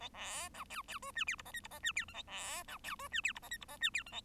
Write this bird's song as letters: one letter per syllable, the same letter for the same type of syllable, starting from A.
A B C D D E F G H I J H I F G K A B C D E F G H I J H I F G K A